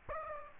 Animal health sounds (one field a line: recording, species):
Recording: mosquito wingbeat signal from an infrared sensor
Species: Aedes aegypti